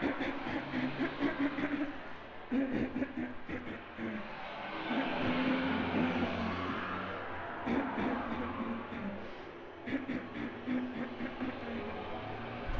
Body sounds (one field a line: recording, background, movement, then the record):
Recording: throat clearing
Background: traffic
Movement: walking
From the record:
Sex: female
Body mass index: 36.4 kg/m2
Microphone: on the chest, facing outward